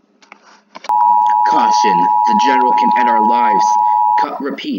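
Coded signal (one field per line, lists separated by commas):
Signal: Emergency Alert System (SAME) tones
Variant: 853 and 960 Hz attention tone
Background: speech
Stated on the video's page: Fictional EAS scenario, not a real alert.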